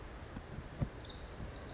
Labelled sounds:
Pacific Wren
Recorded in Sonoma County, California

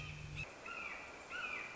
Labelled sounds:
Red-shouldered Hawk
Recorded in Sonoma County, California

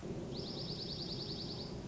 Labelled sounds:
Dark-eyed Junco
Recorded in Sonoma County, California

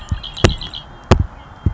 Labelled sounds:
Red-winged Blackbird
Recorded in Sonoma County, California

